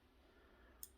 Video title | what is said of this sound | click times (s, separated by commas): UK IRE GOAT tools modular multitool unboxing and first impressions | so you push this down fully and then everything else is locked into place | 0.8 s